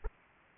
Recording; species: mosquito wingbeat signal from an infrared sensor; Aedes aegypti